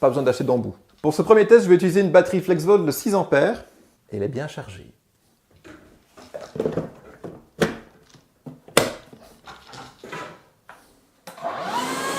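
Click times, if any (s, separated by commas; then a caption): 8.8 s. Someone talks, then a 6 Ah FlexVolt power-tool battery pack is slid into a DeWalt DCV586 cordless vacuum with a few light handling knocks before it clicks home with a sharp latch at 8.8 s, seating the pack. Music begins shortly before the end.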